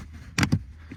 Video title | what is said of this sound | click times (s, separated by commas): Ford Focus Cabin Air Filter Replacement How To | that it kind of snaps in place there and then if you have the torx t20 you can go ahead and put that in | 0.4 s